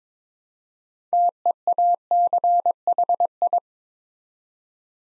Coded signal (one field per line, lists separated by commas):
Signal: Morse code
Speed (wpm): 22 wpm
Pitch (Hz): 700 Hz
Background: none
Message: TEACHI